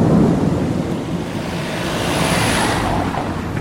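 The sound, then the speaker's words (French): Steady rain hisses without a break for a few seconds, with a deep rumble running underneath and no voices. “Il faut protéger la voiture de la pluie, quoi qu'il arrive.”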